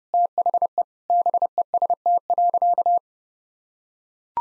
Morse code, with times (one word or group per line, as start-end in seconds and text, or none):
0.1-0.8 THE
1.1-3.0 BEST.